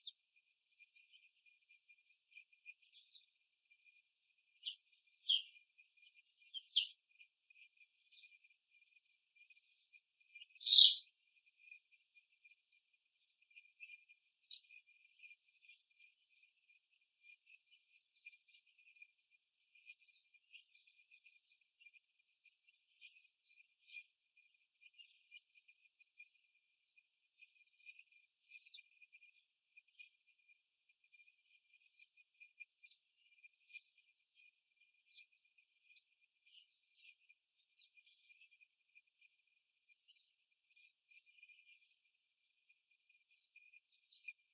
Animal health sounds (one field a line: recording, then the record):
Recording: young laying hens in a cage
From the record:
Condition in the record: after the stressor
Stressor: simulated dog barking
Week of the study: 1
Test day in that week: 1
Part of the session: 1